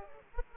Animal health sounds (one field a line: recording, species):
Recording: mosquito wingbeat signal from an infrared sensor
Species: Aedes aegypti